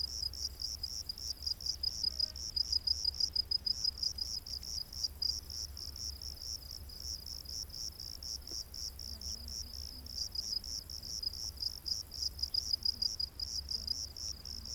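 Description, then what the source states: Cricket giving a continuous run of rapid high chirps over soft background hiss and low rumble. Crickets heard during the day.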